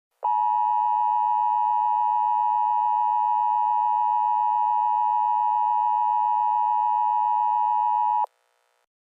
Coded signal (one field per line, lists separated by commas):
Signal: Emergency Alert System (SAME) tones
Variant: 853 and 960 Hz attention tone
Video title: EAS Scenario - The Biggest Blizzard In History